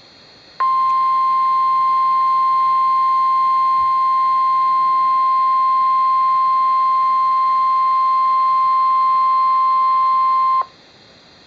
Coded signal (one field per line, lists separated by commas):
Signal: Emergency Alert System (SAME) tones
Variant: 1050 Hz attention tone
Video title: Real NOAA Weather Radio EAS Test - 12/22/10 (HD)